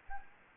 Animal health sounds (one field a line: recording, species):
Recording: mosquito wingbeat signal from an infrared sensor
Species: Anopheles gambiae